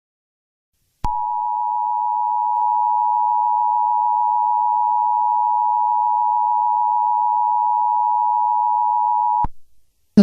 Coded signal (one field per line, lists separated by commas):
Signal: Emergency Alert System (SAME) tones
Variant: 853 and 960 Hz attention tone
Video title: EAS Scenario: New Silesia (Poland, NATO and UN)